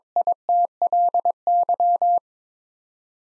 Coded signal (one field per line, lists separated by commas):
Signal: Morse code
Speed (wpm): 21 wpm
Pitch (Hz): 700 Hz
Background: none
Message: ITLY